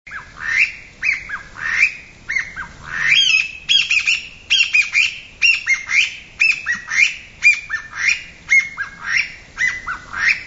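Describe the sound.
Bamboo partridge giving loud, shrill upslurred notes in a steady repeated run.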